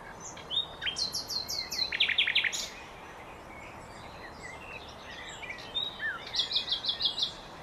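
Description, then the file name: Common nightingale song: a loud phrase of rapidly repeated high notes, a pause, then another quick repeated-note phrase. "Luscinia megarhynchos"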